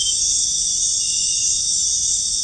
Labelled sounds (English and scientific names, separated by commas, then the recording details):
none
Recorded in dense forest near Puerto Asís, Putumayo, Colombia, on 22 June 2025 at 19:00
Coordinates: 0.481, -76.323
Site G072